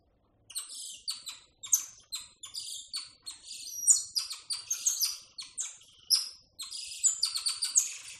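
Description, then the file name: Golden lion tamarin calling in a dense string of shrill chirps and squeaky notes, tumbling quickly one after another for most. "audio hero Monkey Golden Lion Tamarin"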